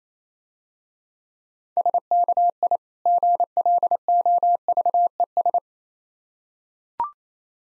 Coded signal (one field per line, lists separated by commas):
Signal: Morse code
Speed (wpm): 28 wpm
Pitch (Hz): 700 Hz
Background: none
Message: SKI GLOVES